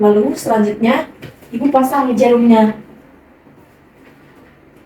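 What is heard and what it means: Someone talks for about the first 2.8 seconds while a pen needle is handled and lined up for fitting onto an insulin injector pen, followed by quiet handling sounds to the end. The needle has not yet clicked into place.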